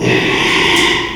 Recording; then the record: squeal of a Yucatan mini pig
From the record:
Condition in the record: after surgery on the right vocal fold (resection and tissue-engineered implant); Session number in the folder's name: 1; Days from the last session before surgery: 6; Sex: male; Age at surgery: 12 weeks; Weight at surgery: 13 kg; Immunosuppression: cyclosporine, prednisolone